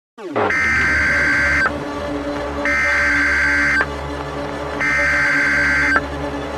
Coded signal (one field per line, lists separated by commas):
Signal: Emergency Alert System (SAME) tones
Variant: header bursts